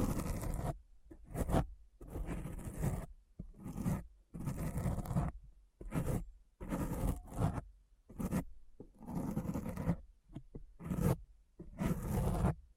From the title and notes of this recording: ASMR Deep Brain Scratch (No Talking).